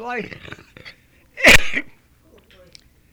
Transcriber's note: he coughs